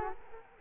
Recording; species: mosquito wingbeat signal from an infrared sensor; Culex quinquefasciatus